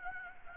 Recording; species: mosquito wingbeat signal from an infrared sensor; Anopheles gambiae